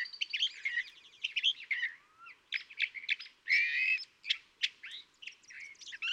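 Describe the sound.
California thrasher song: an unbroken sequence of rapid warbles, rattles and downslurred whistles, varied and musical, with some faint lower background noise.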